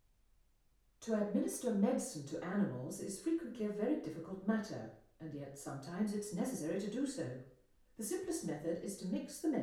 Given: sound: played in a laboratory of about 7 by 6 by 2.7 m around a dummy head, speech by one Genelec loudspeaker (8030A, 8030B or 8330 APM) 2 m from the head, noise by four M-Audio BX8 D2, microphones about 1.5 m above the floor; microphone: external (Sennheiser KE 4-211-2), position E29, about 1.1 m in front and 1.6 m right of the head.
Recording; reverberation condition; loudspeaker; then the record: female speech in English; medium; 60 degrees to the left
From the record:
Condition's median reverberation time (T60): about 510 ms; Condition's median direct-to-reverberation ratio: about -0.5 dB